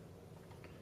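A memory stick is pressed down at its second end into a motherboard DIMM slot until the retention tab locks. A single short, sharp click sounds at 0.6 s over a low, steady hum. The stick is seated.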